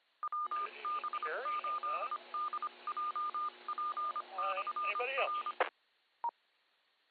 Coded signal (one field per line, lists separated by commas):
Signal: Morse code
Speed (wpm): 25 wpm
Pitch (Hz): 1210 Hz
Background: speech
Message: WB8DJP/R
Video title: CROOKED RIVER AMATEUR RADIO CLUB - W8CRC - Tuesday 2m net 146.64 MHz, 110.9 Hz PL 7:00PM, 4-30-24